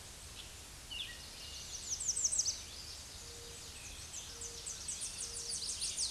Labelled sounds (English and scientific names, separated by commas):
American Redstart (Setophaga ruticilla) song